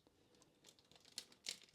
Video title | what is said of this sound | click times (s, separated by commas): DotM Leader Class Bumblebee (Size Matters Part 1) #transformers | I think that might have popped out on me again because I was putting pressure somewhere else. So there we go. It's locked in again. | 1.2 s, 1.5 s